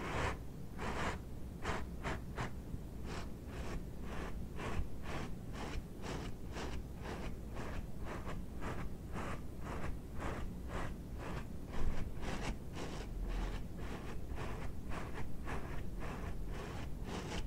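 Rubber dishwashing gloves rub and scratch in a steady run of short, crackly strokes, several per second, each a bright brushing burst. The rhythm stays fairly even throughout, over a constant low rumble, with one slightly louder stroke near twelve seconds.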